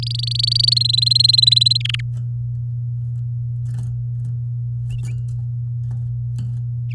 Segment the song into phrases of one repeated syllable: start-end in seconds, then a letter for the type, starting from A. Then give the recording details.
0.02-0.83 A, 0.84-1.77 B, 1.80-2.01 C. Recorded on 8 May 2018 at 12:18. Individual llb16